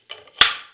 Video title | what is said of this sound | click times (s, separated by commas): X-Men VS Sentinel #3 (Deluxe)1:10 Scale Statue by Iron Studios | there we go you heard that that magnet click in so you know it's nice and tight | 0.4 s